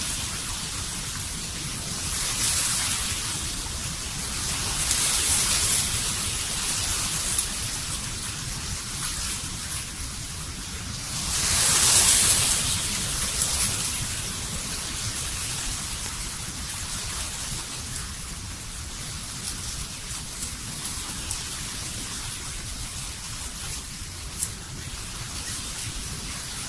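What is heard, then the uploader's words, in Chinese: Wind blows through a maple forest, a dense, steady rush of rustling leaves with a bright hiss on top and a low rumble beneath. Gusts swell around five seconds and more strongly near twelve seconds, then settle back to an even murmur. 风吹枫林。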